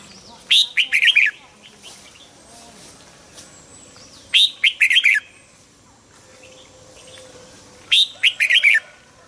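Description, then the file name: Red-whiskered bulbul singing three loud, rapid phrases of liquid, chirpy whistles, each about a second long, separated by pauses of about three seconds. Hue strain red-whiskered bulbul singing in the "giọng kép" (double-voice) song style. "Tieng chao mao hue hot giong kep"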